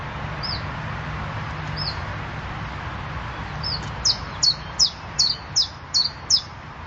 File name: iberischer zilpzalp